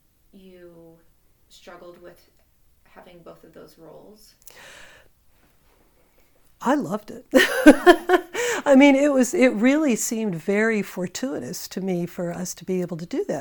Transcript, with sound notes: you struggled with having both of those roles?
I loved it! [laughter] I mean it really seemed very fortuitous to me for us to be able to do that.